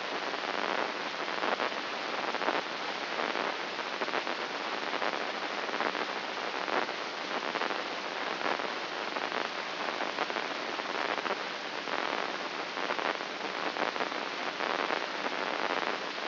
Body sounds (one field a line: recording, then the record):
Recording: brain microelectrode recording played as sound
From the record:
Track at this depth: outside the subthalamic nucleus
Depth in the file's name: 7.628 mm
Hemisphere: left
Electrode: 3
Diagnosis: Parkinson's disease